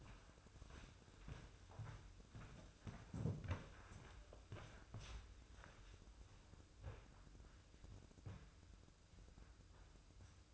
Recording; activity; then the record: daily activity, microphone in the room; walk to room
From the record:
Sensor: 2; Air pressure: 995.4 hPa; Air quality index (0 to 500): 81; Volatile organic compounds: 3 ppm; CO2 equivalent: 1447 ppm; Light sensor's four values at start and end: 23/75/29/28 and 23/75/30/28